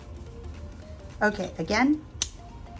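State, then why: Seated. Someone talks as the magnetic cap is pushed onto the barrel of a metal Monteverde Ritma Espresso fountain pen with an Omniflex nib. It snaps on with a single sharp click at 2.2 seconds, and the cap is seated.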